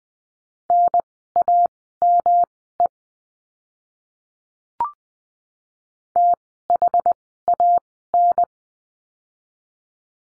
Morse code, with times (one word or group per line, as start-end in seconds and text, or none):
0.7-2.9 NAME
6.2-8.4 THAN